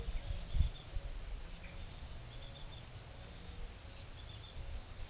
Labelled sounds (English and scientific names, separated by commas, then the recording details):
none
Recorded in forest near Pivijay, Magdalena, Colombia, on 4 June 2023 at 14:00
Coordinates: 10.467, -74.380
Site Z5-G034